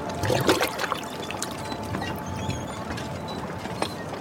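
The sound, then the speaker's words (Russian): A man hands out water with a ladle from a water barrel, pouring it in a short splashing burst near the start, then it trickles on faintly under a steady, busy mechanical clatter. No one speaks. “Идет к бочке с водой, мужчина с ковшом раздает воду.”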